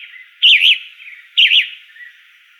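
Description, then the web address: Flame-colored tanager singing two hoarse, zigzag phrases about a second apart, with soft bird notes underneath. In Arizona on 16 May 2004. "Tanagers AZFO FCTA. deviche 051604"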